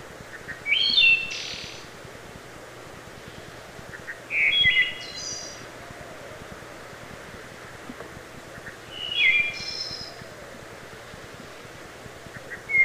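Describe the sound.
Wood thrush song: three phrases and the start of a fourth, about every four seconds, each with soft lead-in notes, a pure whistled figure and a high, buzzy ending.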